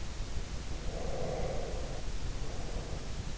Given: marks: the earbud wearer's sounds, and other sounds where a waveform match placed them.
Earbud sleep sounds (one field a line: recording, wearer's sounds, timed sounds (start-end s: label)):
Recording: sounds in sleep by an in-ear microphone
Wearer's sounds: breath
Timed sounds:
0.80-3.27 s: breath